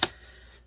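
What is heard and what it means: A plastic bottom cover is pressed down around its edges onto the chassis of a Dell Inspiron 15 5000 5593 laptop so the perimeter clips engage. A single sharp snap sounds at 0.0 s (0.03 s), followed by quiet low background, and the cover is seated.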